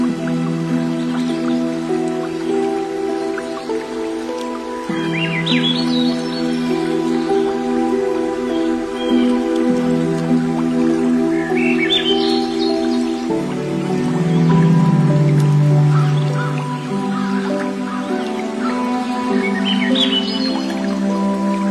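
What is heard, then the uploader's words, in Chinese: Soft, sustained piano chords ring on steadily, shifting to new harmonies around 5, 10 and 13 seconds, with a gentle swell near 15 seconds. Bright bird chirps rise above it every few seconds, while a faint trickle of dripping water runs underneath. 小桥流水+鸟儿欢快+钢琴音。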